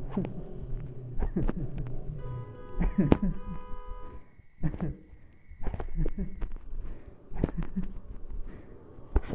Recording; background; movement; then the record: laughter; traffic; sitting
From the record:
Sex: male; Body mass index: 20.5 kg/m2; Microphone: on the chest, facing the body